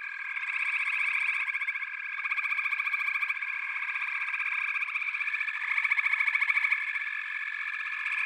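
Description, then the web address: Frogs in full chorus, overlapping rapid pulsed calls forming a dense, unbroken buzz with periodic louder bursts. A chorus of frogs calling together. "The Natural Sounds of the Wilderness. Echoes of Nature - Frog Chorus"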